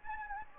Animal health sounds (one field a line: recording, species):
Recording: mosquito wingbeat signal from an infrared sensor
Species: Anopheles gambiae